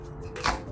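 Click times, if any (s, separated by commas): 0.5 s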